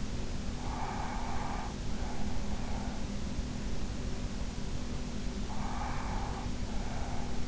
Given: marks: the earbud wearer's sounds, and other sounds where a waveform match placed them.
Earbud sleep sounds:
sounds in sleep by an in-ear microphone; breath
0.56-2.97 s: breath
5.31-7.48 s: breath

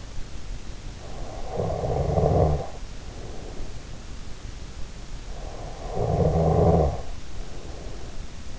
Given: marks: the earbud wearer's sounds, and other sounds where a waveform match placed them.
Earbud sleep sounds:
sounds in sleep by an in-ear microphone; snoring breath
0.97-4.13 s: snoring breath
5.36-8.59 s: snoring breath

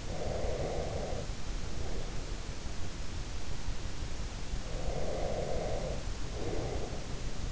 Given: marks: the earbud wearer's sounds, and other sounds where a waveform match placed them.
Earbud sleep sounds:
sounds in sleep by an in-ear microphone; breath
0.00-2.14 s: breath
4.68-7.14 s: breath

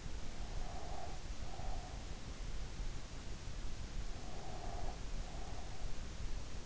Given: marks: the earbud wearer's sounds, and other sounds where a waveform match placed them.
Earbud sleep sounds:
sounds in sleep by an in-ear microphone; breath
0.43-2.19 s: breath
4.33-6.00 s: breath

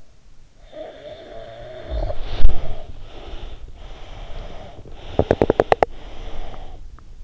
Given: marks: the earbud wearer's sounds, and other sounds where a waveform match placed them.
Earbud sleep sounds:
sounds in sleep by an in-ear microphone; snoring breath, breath, teeth grinding
0.57-4.84 s: snoring breath
4.73-6.77 s: breath
5.13-5.97 s: teeth grinding

